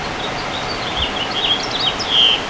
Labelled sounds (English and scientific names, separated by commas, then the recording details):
House Finch (Haemorhous mexicanus) song
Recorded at Patchogue on Long Island, New York, on 21 June 2013
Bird G